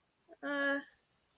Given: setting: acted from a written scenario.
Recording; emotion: vocal sound without words; neutral